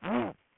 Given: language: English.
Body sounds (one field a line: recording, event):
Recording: throat vibration sensor signal played as sound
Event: throat clearing